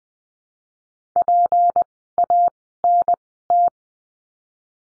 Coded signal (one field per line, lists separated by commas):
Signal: Morse code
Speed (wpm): 20 wpm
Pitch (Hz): 700 Hz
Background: none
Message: PANT